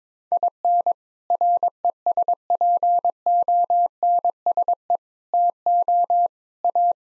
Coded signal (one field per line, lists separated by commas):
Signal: Morse code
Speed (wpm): 22 wpm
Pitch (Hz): 700 Hz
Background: none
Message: IN RESPONSE TO A